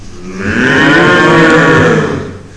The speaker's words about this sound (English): The deep moo of a cow. Ah, fantastic. The deep moo of a big black cow.